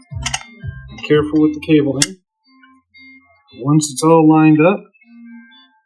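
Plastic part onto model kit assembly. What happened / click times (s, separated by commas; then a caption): The plastic part is being lined up but has not snapped into place yet / none. A plastic part is handled and lined up on a Deagostini R2-D2 model kit assembly, with cabling nearby, while someone talks and brief soft handling noises are heard. The clip ends before the part goes home, so nothing has seated or clicked yet.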